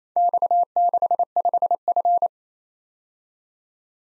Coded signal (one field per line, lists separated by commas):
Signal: Morse code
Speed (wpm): 29 wpm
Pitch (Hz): 700 Hz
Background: none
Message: X65F